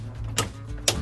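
A torque wrench tightens a second flare nut on the refrigerant piping of a used household air conditioner being installed in a camper van. Two sharp clicks sound at 0.4 s and 0.9 s over a low steady hum. The wrench clicks at its setting, confirming the nut is torqued.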